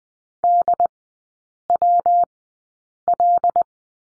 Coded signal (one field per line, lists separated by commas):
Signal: Morse code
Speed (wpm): 20 wpm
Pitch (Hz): 700 Hz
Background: none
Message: DWL